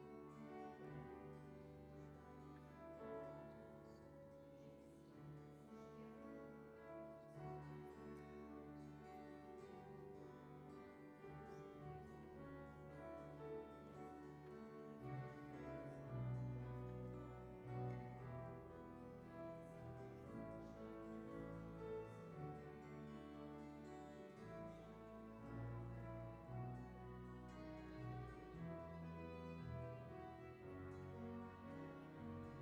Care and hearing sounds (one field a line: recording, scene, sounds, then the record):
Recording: everyday scene through a hearing-aid microphone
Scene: reverberant space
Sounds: music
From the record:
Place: church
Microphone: behind the ear, right, front